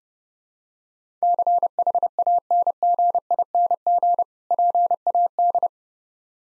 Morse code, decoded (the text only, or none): CHANGING PAD